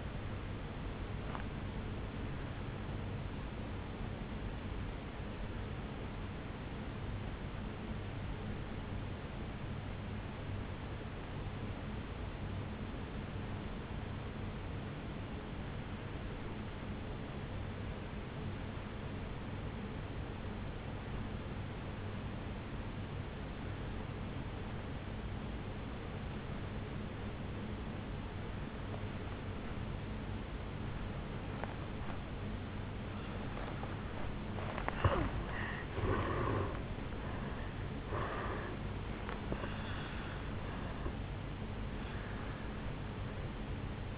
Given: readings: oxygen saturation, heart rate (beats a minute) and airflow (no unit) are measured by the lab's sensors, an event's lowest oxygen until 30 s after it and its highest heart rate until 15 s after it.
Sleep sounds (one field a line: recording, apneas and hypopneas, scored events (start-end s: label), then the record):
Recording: breathing in sleep by a voice recorder at the bedside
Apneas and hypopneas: 1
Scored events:
4.00-35.10 s: obstructive apnea (N1, oxygen 96% highest, then 82% lowest, heart rate 59 at the start, 75 highest)
12.00-44.18 s: new sleep stage, N2 (light sleep)
From the record:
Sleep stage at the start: N1 (lightest sleep)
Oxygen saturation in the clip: 83 to 96%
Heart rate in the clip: 56 to 75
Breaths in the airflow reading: 4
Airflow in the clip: -15.6 to 8.1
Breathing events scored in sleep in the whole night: 449 in 7.0 hours asleep